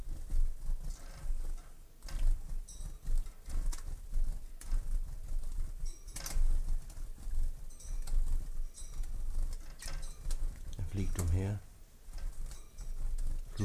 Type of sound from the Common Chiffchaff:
song